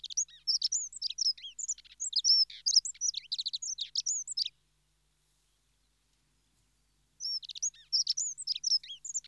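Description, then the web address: Dunnock delivering a fast, high, scratchy warble for about four and a half seconds, a silent gap, then another brisk run of thin twittering notes. "BBC Sound Effects Library. Dunnock (Prunella Modularis)"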